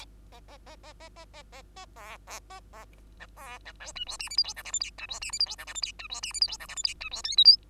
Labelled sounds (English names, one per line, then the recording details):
Bengalese Finch song
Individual Bird2